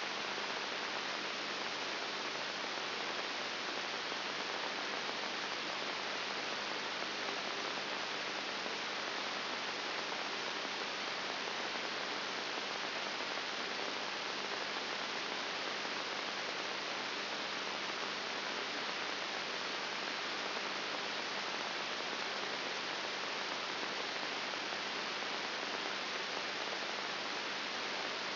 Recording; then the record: brain microelectrode recording played as sound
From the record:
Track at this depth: outside the subthalamic nucleus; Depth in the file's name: 6.7 mm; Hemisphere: right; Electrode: 3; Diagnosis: Parkinson's disease